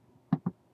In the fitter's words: triangle at the top of it and it just pops open